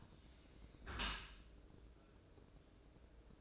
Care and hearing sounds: daily activity, microphone in the room; close dishwasher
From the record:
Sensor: 2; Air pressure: 1012.2 hPa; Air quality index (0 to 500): 148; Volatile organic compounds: 2 ppm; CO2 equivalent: 1087 ppm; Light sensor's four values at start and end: 289/710/287/291 and 290/713/289/292

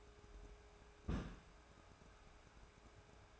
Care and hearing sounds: daily activity, microphone in the room; place on stove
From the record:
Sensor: 2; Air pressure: 1010.1 hPa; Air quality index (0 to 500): 160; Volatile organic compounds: 7 ppm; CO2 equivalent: 2013 ppm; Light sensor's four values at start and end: 41/100/45/50 and 42/100/45/50

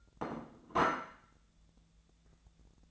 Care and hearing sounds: daily activity, microphone in the room; place plate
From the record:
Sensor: 3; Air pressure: 1000.2 hPa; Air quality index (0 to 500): 138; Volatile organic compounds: 2 ppm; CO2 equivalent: 1228 ppm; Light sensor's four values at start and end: 31/77/33/35 and 31/79/33/36

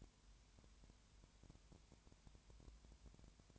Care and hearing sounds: daily activity, microphone in the room; no activity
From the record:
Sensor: 2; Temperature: 20.3 degrees Celsius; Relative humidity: 33.8%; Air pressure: 1003.1 hPa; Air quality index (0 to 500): 82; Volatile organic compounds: 1 ppm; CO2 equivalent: 786 ppm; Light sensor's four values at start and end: 2/3/2/2 and 2/3/2/2

